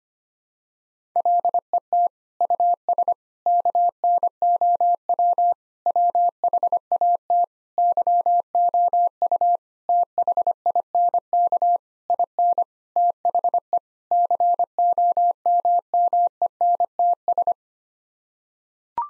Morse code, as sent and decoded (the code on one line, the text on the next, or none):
.-.. . - / ..- ... / -.- -. --- .-- / .-- .... .- - / -.-- --- ..- / - .... .. -. -.- / .. -. / - .... . / -.-. --- -- -- . -. - ...
LET US KNOW WHAT YOU THINK IN THE COMMENTS